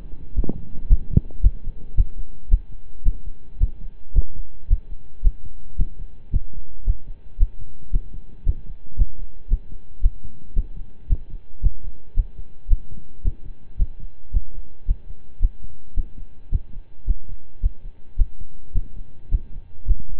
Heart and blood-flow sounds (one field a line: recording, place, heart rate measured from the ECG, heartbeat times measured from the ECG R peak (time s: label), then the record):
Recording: heart sounds by stethoscope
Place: between the tricuspid and mitral areas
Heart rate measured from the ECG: 111 bpm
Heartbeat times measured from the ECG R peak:
0.35 s: heartbeat
0.88 s: heartbeat
1.41 s: heartbeat
1.95 s: heartbeat
2.49 s: heartbeat
3.04 s: heartbeat
3.58 s: heartbeat
4.13 s: heartbeat
4.68 s: heartbeat
5.22 s: heartbeat
5.77 s: heartbeat
6.31 s: heartbeat
6.85 s: heartbeat
7.38 s: heartbeat
7.91 s: heartbeat
8.44 s: heartbeat
8.96 s: heartbeat
9.48 s: heartbeat
10.01 s: heartbeat
10.54 s: heartbeat
11.07 s: heartbeat
11.61 s: heartbeat
12.15 s: heartbeat
12.68 s: heartbeat
13.22 s: heartbeat
13.77 s: heartbeat
14.31 s: heartbeat
14.86 s: heartbeat
15.40 s: heartbeat
15.94 s: heartbeat
16.49 s: heartbeat
17.05 s: heartbeat
17.61 s: heartbeat
18.16 s: heartbeat
18.73 s: heartbeat
19.29 s: heartbeat
19.85 s: heartbeat
From the record:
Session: slow and fast walking with breaks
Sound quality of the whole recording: saturated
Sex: male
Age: 25 years